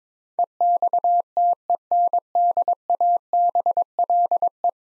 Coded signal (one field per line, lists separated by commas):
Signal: Morse code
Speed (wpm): 22 wpm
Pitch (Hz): 700 Hz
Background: none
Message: EXTENDABLE